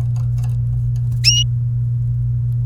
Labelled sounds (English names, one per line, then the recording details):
Domestic Canary song
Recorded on 28 April 2018 at 08:58
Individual llb3